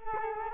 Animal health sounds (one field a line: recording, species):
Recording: mosquito wingbeat signal from an infrared sensor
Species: Culex quinquefasciatus